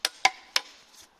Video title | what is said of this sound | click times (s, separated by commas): XC90 Oil & filter change | can hear it click click. | 0.1 s, 0.2 s, 0.6 s